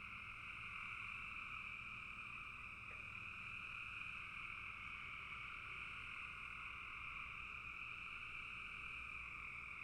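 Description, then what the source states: Frogs calling in a dense, unbroken chorus, a steady shimmering drone of two high bands with no pauses. Frogs calling in a bog.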